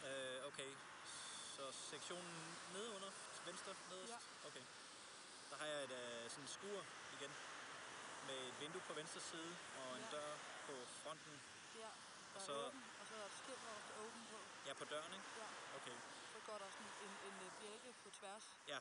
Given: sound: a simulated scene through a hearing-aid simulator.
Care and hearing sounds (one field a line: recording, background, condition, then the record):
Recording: conversation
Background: traffic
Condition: +4 dB SNR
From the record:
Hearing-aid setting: II (fast-acting compression, audibility-based gain, advanced features for about 2.5 dB of SNR improvement)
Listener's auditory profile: A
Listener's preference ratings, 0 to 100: 22, 20, 28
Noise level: 75 dB SPL